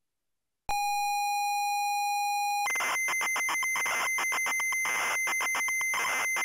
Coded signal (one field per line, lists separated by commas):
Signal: ZX Spectrum tape loading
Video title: The Addams Family (ZX Spectrum)